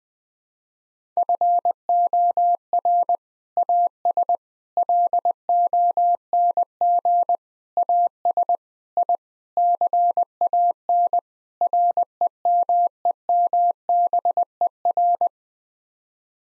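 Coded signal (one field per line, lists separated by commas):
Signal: Morse code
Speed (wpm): 21 wpm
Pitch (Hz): 700 Hz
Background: none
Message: FOR AS LONG AS I CAN REMEMBER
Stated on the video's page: Morse code head-copy drill at 20 wpm of common seven-word groups, each sent, spoken, then sent again.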